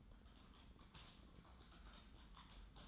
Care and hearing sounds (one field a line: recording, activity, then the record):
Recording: daily activity, microphone in the room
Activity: typing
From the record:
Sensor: 3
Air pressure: 994.4 hPa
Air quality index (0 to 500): 205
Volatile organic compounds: 1000 ppm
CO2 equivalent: 6802 ppm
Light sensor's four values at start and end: 86/201/83/79 and 86/200/83/79